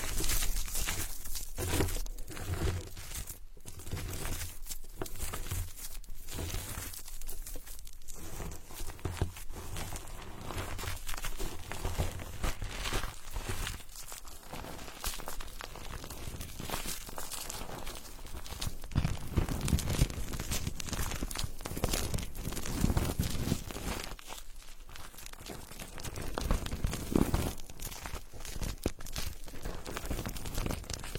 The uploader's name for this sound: The intimate friction between foam and wood